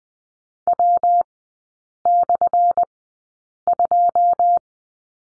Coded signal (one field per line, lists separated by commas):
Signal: Morse code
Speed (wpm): 20 wpm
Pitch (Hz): 700 Hz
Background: none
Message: W/2